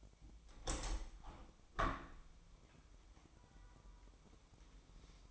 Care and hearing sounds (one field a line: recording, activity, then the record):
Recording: daily activity, microphone in the room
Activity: open window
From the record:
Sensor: 1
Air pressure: 1006.4 hPa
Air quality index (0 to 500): 208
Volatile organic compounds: 24 ppm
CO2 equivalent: 2802 ppm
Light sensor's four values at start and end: 11/29/11/13 and 12/31/12/14